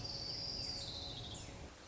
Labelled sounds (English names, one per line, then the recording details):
Orange-crowned Warbler
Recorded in Sonoma County, California